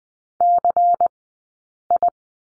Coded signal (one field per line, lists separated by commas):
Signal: Morse code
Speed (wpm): 20 wpm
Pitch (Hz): 700 Hz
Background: none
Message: CI